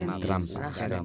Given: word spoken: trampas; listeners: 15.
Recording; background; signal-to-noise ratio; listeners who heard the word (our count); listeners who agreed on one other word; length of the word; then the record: one Spanish word in noise, from a listening test; four-talker babble; 0.8 dB; 1 of 15; 11 of 15; 0.65 s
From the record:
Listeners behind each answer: 11, 1, 1, 1, 1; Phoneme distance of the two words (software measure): 7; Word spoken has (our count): 2 syllables, 7 phonemes, stress on syllable 1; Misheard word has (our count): 2 syllables, 6 phonemes, stress on syllable 1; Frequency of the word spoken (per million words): 7.05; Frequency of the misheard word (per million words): 14.47